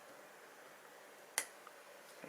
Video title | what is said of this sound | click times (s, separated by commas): 3D Kit - Captain Baxter, Chassis Part 1/2 | nice positive click that's not going anywhere | 1.4 s